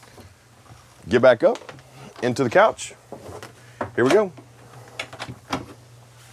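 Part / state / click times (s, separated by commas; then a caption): convertible couch frame into its locked couch position in a travel trailer / seated / 5.5 s. Someone talks while the convertible couch frame in a Ozark 1680BSK travel trailer is lifted from its bunk position back up into couch position, with a few soft knocks and scrapes along the way. A sharp knock at 5.5 s marks the frame latching and locking into place in its couch position.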